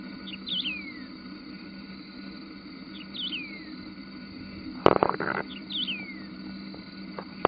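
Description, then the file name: Wedge-tailed grass-finch calls: short high notes sliding down, repeated about every 2.7 seconds over a steady low hum, with a sharp knock midway. Recorded in a nature reserve at Piraju, Brazil. "Emberizoides herbicola -Piraju, Brasil -nature reserve"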